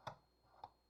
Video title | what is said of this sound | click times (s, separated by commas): Machine Maintenance | lower it and it will snap in place okay | 0.1 s